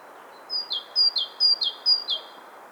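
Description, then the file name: Great tit singing a bright two-part motif, high note dropping to a lower one, repeated four times at a steady pace against quiet steady noise. "Parus major"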